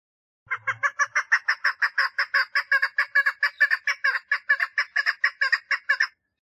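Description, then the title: Partridge calling in a rapid run of harsh, evenly pitched notes lasting about six seconds; a brief low thud at the start. "Perdiz Cantando"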